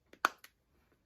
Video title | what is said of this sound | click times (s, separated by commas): How to replace an iPhone XS screen | should hear a crunching noise, as you heard those 2 crunches. | 0.2 s, 0.4 s